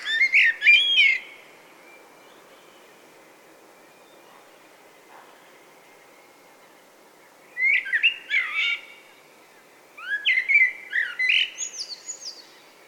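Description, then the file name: Common blackbird singing three separate warbled phrases, each mixing mellow whistled notes with thin, high twittering, with long quiet gaps between them. "Turdus merula"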